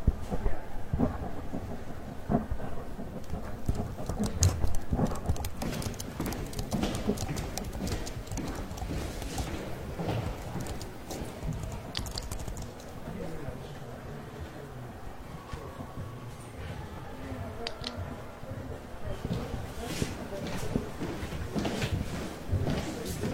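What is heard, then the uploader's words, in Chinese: Library ambience with typing, writing and page turning: a steady bed of soft murmur and rustle under frequent small clicks and taps that come in irregular bursts throughout. Scattered sharper knocks and brief crisp rustles stand out, busiest in the first few seconds and again near the end. 公共图书馆沉浸式学习 图书馆环境音 打字声 写字翻书。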